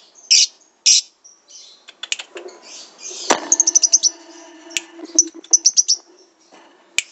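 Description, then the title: Lovebird song: sharp high chirps and rapid ticking trills in quick bursts, with a sudden loud click midway and a run of fast repeated notes. National champion lovebird, used as a masteran training recording. "MASTERAN BURUNG 2. Suara LoveBird Juara Nasional"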